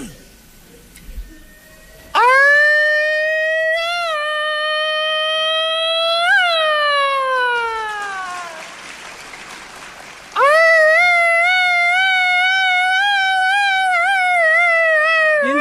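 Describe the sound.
A voice wails in imitation of a police siren: one long, loud, sustained tone that swells, then slides downward and fades, followed after a short gap by a second long wail.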